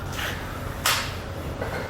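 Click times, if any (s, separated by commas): 0.9 s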